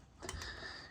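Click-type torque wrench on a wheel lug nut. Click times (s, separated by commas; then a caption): 0.3 s. A click-type torque wrench tightens a lug nut on a new forged aluminium APEX wheel of a 2010 Corvette Z06. A sharp click sounds at 0.3 s over a faint ringing tone, showing the set torque spec has been reached.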